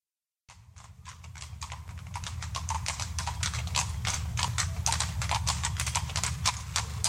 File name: cavalli